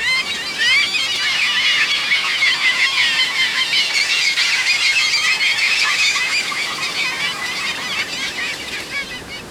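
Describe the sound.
Birds calling, a dense chorus of overlapping high chirps and twittering notes that runs without pause throughout.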